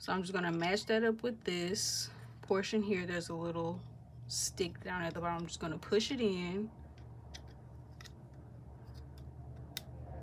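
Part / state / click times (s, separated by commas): doll body part into T-bar joint / seated / 9.8 s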